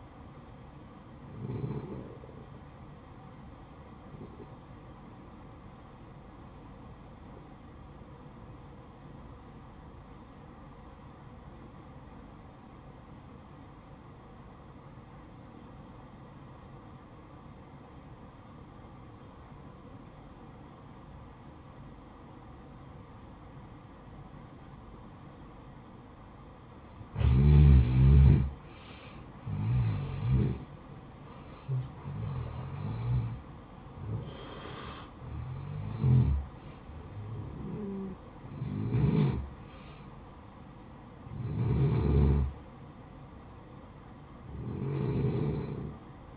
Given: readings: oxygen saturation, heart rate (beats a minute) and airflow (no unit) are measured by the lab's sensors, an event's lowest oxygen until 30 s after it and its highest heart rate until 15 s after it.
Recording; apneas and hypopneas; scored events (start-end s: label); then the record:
breathing in sleep by a smartphone at the bedside; 1
6.00-27.10 s: obstructive apnea (N1, oxygen 95% highest, then 86% lowest, heart rate 57 at the start, 67 highest)
From the record:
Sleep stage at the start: N1 (lightest sleep); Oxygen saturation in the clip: 87 to 95%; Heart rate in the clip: 56 to 67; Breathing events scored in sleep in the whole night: 573 in 9.8 hours asleep